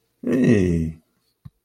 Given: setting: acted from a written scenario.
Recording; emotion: vocal sound without words; positive surprise